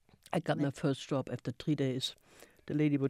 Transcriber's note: none